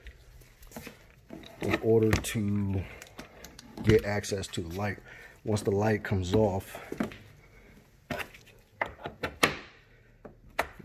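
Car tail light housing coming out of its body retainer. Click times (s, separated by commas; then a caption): 10.6 s. Someone talks while pulling the loosened tail light housing of a Gen-3 Cadillac CTS-V outward by hand, with a finger behind it, amid scattered light knocks and clicks. At 10.6 s there is a sharp pop as the housing comes out of its plastic body retainer and is released.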